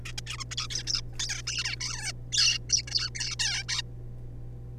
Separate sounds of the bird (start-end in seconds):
0.05-0.12, 0.18-0.21, 0.27-0.37, 0.39-0.44, 0.51-0.55, 0.57-0.67, 0.70-0.83, 0.87-1.01, 1.13-1.15, 1.20-1.42, 1.47-1.64, 1.64-1.75, 1.77-1.79, 1.80-2.12, 2.32-2.58, 2.70-2.83, 2.88-3.10, 3.15-3.36, 3.40-3.63, 3.69-3.82